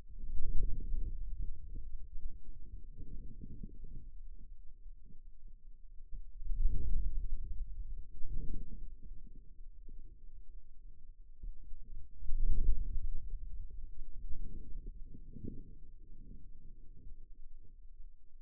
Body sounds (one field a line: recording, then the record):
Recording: forearm muscle sounds (acoustic myography)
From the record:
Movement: hand closing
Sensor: system 2, bracelet of six BSWA MPA416 microphones around the upper forearm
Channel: 5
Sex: male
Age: 22 years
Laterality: right